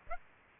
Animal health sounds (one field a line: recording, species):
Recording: mosquito wingbeat signal from an infrared sensor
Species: Aedes aegypti